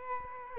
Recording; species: mosquito wingbeat signal from an infrared sensor; Aedes albopictus